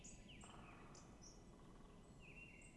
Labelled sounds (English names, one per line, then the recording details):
Great Spotted Woodpecker
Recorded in Germany
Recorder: ecoPi